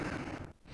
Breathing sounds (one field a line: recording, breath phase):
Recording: one breath near a microphone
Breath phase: exhalation